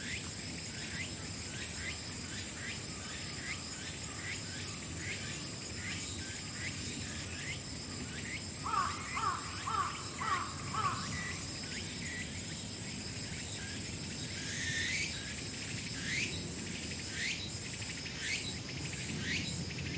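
Insects chirp without pause: a constant high, shrill drone sits over a quick, regular pulsing chirp that repeats throughout. Around nine to eleven seconds a short run of frog-like notes stands out, and another brief call rises near fifteen seconds.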